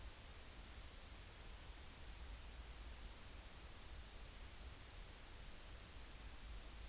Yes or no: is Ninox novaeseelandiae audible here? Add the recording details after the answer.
no. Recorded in New Zealand on 30 April 2013. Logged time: 02:19. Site Ponui